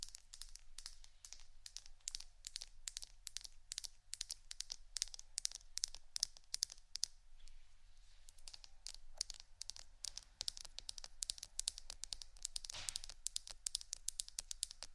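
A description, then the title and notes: Tapping fills the whole stretch, a quick run of crisp, bright clicks at a fairly regular pace with a few louder strikes standing out. Around the middle the taps thin briefly and a soft crinkling texture shows through. ASMR 2 Types Of Tapping（No Talking）.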